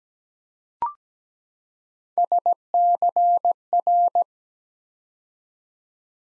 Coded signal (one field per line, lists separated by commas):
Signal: Morse code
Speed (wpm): 17 wpm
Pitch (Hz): 700 Hz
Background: none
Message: SCR